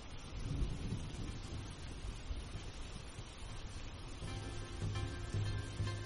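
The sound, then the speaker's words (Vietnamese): A thunderstorm with a steady, dense rush of rain and wind and a deep low rumble underneath, staying loud and unbroken throughout, with faint tonal ringing surfacing toward the end. “Tiếng nói vẫn cứ văng vẳng trong mưa gió.”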